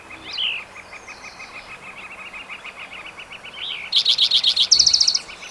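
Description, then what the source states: Spotted Towhee song: several slurred notes then a quick trill, after steady repeated high chips and a couple of curving whistles. Individual number one, recorded June 22, 2010, in Rhodes Canyon, Utah County, Utah.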